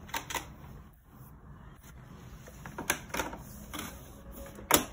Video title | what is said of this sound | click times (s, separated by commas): Dyson Purifier Formaldehyde POWERUP | you just gotta push it in until you get a click | 4.7 s